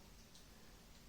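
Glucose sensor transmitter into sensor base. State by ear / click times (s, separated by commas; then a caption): seated / 0.4 s. A plastic Dexcom G6 glucose sensor transmitter is pressed into the sensor base worn on the body, giving a small, faint click at 0.35 s over a steady background hiss. The transmitter seats in the base and is ready.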